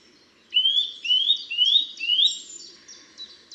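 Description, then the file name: Eurasian nuthatch with four strong upslurred whistled calls repeated roughly every half second, followed by quieter high chips. "Sitta europaea"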